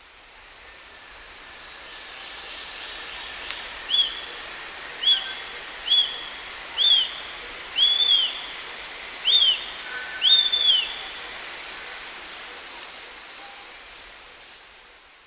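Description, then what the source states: Wallace's hawk-eagle giving high, thin whistled notes that rise then drop, repeated roughly once a second, over a steady shrill insect drone. Recorded at Danum on 1 March 2008.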